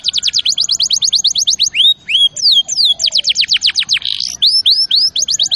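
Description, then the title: Canary song of rapid descending trill notes broken by a few rising whistled slurs, with a short buzzy burst near the end before trills resume. Champion canary song used as a master recording for training other birds. "Masteran Kenari Juara"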